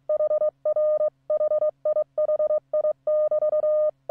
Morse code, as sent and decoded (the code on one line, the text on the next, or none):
.... .-. / .... .. .... .. -...-
HR HIHI<BT>